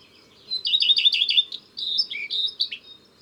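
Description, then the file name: Common redstart song: a run of quick repeated high notes, then a brief pause and a scratchy, variable twittering ending. "Rougequeue a front blanc"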